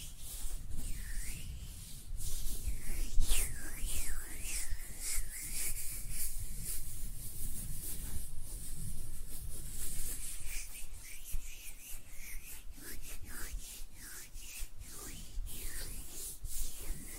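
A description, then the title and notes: Hands rub and brush against each other in a continuous, dry, papery friction with a soft hiss on top. The strokes come in irregular swells, busier and louder around three to four seconds, then settle into quicker short rubs after ten seconds. A faint low rumble runs underneath throughout. ASMR Relaxing Hand Sounds (No Talking).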